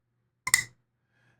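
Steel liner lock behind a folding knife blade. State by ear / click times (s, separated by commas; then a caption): seated / 0.5 s. A Holt Bladeworks Morpheus folding knife blade is opened, and its inset steel liner lock, with a steel nub, snaps in behind the blade. Two crisp clicks land in quick succession at about 0.5 s and 0.5 s, then fade to near silence. The liner lock engages and the blade is locked open.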